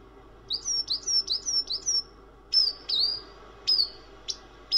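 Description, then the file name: Bird giving a quick series of high, sharp chirps, then slower, spaced single notes. "vogelstimmen"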